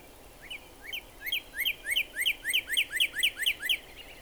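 Northern cardinal singing a rapid series of bright upslurred whistles, with steady faint hiss behind.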